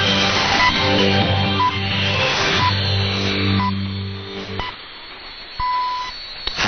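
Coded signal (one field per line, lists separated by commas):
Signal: radio time signal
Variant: time pips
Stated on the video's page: Shortwave radio time signal received on 6195 kHz at 17:00 UTC.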